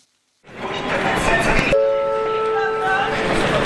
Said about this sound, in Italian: Il treno regionale 10194 di Trenitalia delle ore 19 proveniente da Savona è in arrivo al binario 5. Attenzione! Allontanarsi dalla linea gialla.